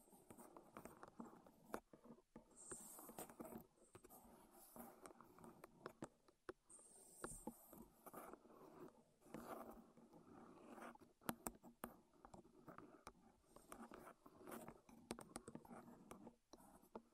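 Wood triggers for ASMR: soft scratching and rubbing mixed with frequent sharp taps and clicks, irregular and fairly dense throughout.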